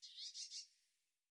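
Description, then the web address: Eurasian blue tit call: three quick high chirping notes in a short run, then fading, with no other sounds. "cianscape birddata Deverinetal 2025 File cleaned normalized Bird Cy Ca"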